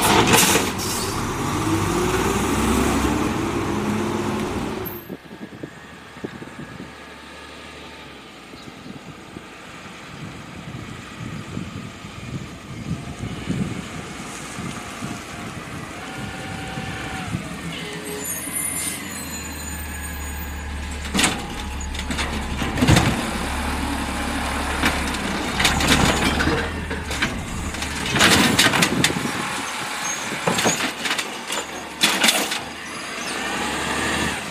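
A garbage truck works through a loud, rumbling stretch, with a heavy engine drone and busy mechanical noise for the first five seconds before dropping to a lower churn. Sharp hisses and clanks break in around 18 seconds, then bursts of grinding and banging continue to the end.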